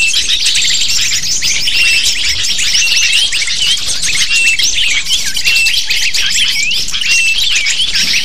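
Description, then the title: Lovebird: constant shrill chattering of many lovebirds, rapid chirps and short squeaks packed tightly together throughout. Calls used as a lure (pikat) to attract lovebirds. "PIKAT BURUNG LOVEBIRD"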